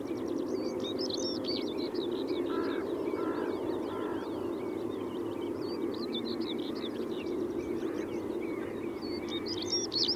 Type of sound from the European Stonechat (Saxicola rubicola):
song